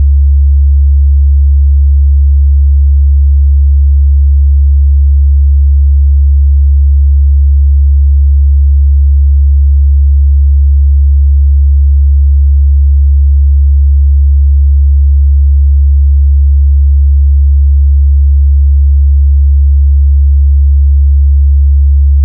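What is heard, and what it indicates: A steady, deep pure tone of about 70 Hz plays throughout, used for tinnitus determination by matching the pitch of a person's tinnitus.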